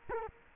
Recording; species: mosquito wingbeat signal from an infrared sensor; Culex quinquefasciatus